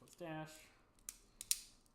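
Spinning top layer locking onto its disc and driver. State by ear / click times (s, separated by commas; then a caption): partly seated / 1.5 s. Someone talks briefly, then twists the plastic layer, disc and driver of a battle spinning top together to lock them, producing sharp plastic clicks near 1.1 and 1.4 s. The loudest click comes at 1.5 s, but the layer only nearly locks and never gives the final click that would fully seat it.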